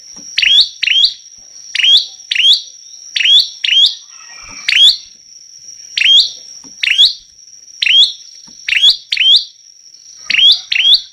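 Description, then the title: Prinia song of sharp, explosive chip notes, often in quick pairs, repeated throughout over a constant thin high-pitched whine. Lively, much-singing (gacor) prinia of the local 'lancur' type, recorded as a tutoring track for teaching songbirds (masteran). "Prenjak Lancur Gacor Untuk Masteran"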